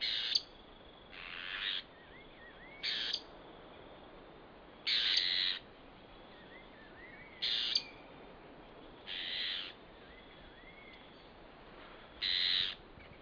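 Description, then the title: Dusky-tailed antbird calls: short, harsh, buzzy bursts repeated at irregular intervals, with faint thin rising chirps between them against a steady hiss. "LuckyPassaro Completos2Sama. Dusky-tailed Antbird (Drymophila malura)"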